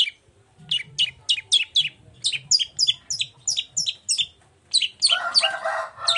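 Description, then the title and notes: Long-tailed shrike song: steady, rapid series of sharp downslurred harsh notes, ending in a dense buzzy chatter with lower harmonics. Morning song with varied 'toet toet' notes, used as a lure to provoke other long-tailed shrikes into answering and singing along. "Cendet Gacor Dor Di Kala Pagi Toet Toet Variasi Suara. Pancingan Emosi Cendet Gacor Full Variasi Toet Toet Bikin Nyaut Cendet Lain Langsung Ikutan Bunyi. Burung cendet"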